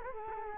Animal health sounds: mosquito wingbeat signal from an infrared sensor; Culex quinquefasciatus

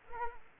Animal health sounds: mosquito wingbeat signal from an infrared sensor; Culex quinquefasciatus

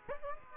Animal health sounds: mosquito wingbeat signal from an infrared sensor; Aedes aegypti

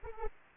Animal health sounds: mosquito wingbeat signal from an infrared sensor; Anopheles arabiensis

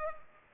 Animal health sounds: mosquito wingbeat signal from an infrared sensor; Culex pipiens

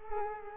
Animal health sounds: mosquito wingbeat signal from an infrared sensor; Culex quinquefasciatus

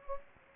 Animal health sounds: mosquito wingbeat signal from an infrared sensor; Anopheles gambiae

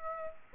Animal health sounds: mosquito wingbeat signal from an infrared sensor; Aedes aegypti

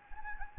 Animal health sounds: mosquito wingbeat signal from an infrared sensor; Anopheles gambiae

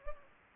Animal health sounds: mosquito wingbeat signal from an infrared sensor; Anopheles gambiae

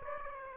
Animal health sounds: mosquito wingbeat signal from an infrared sensor; Aedes aegypti

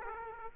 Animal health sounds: mosquito wingbeat signal from an infrared sensor; Aedes aegypti

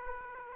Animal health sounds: mosquito wingbeat signal from an infrared sensor; Aedes aegypti

